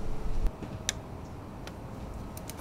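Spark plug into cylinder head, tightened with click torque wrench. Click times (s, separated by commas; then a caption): 0.9 s. A click-type torque wrench set to 18 ft-lb tightens a new spark plug into an engine's cylinder head. Low rumbling noise fills the first half second, then a sharp, bright click rings out at 0.9 s, followed by a few fainter ticks. The click shows the plug has reached its setting and is seated properly.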